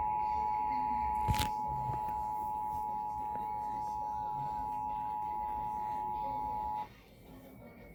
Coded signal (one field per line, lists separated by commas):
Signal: Emergency Alert System (SAME) tones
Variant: 853 and 960 Hz attention tone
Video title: EAS Tornado warning During Arthur